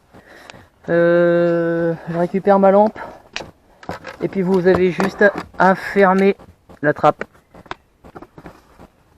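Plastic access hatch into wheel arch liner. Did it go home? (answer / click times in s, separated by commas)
no / none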